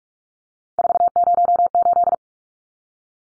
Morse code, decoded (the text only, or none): 408